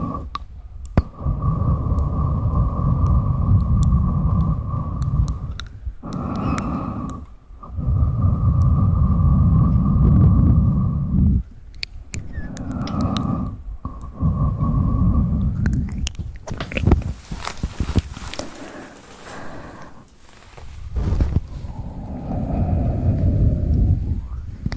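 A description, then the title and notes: ASMR mouth sounds and mic pumping: heavy low thumping swells with a steady hum, broken by sharp taps and a crackly, hissing stretch around seventeen seconds. ASMR mouth sounds + mic pumping, swirling, tapping, and gripping.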